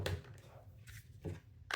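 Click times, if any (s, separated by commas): none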